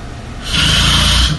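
After a brief quiet stretch, a single loud snore lasts just under a second. It has a rough, rattling low tone mixed with harsh airy noise. This is typical snoring on an inward breath during sleep, with faint room noise in the background.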